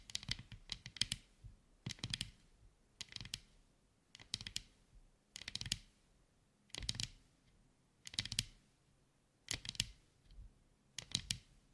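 Tapping in short clustered bursts, about one every 1.2 seconds, each a quick flurry of sharp clicks that sound much like keys being struck. The taps are crisp and bright with a soft low thump underneath, separated by near silence.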